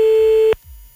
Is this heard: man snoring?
no